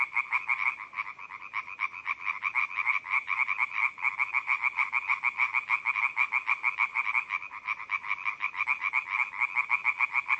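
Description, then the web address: European tree frog calls, a rapid, continuous series of harsh pulsed croaks. "Laubfrosch"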